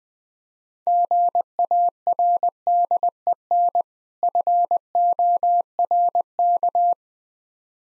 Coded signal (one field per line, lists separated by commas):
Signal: Morse code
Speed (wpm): 20 wpm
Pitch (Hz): 700 Hz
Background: none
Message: GARDEN FORK